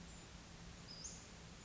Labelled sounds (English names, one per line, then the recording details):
Western Flycatcher
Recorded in Sonoma County, California